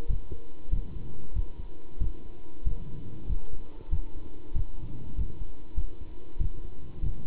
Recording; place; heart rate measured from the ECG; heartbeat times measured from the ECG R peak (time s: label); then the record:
heart sounds by stethoscope; between the tricuspid and mitral areas; 95 bpm
0.09 s: heartbeat
0.72 s: heartbeat
1.35 s: heartbeat
2.00 s: heartbeat
2.66 s: heartbeat
3.28 s: heartbeat
3.92 s: heartbeat
4.55 s: heartbeat
5.17 s: heartbeat
5.76 s: heartbeat
6.40 s: heartbeat
7.02 s: heartbeat
From the record:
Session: pedaling a stationary bicycle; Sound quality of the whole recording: good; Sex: male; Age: 27 years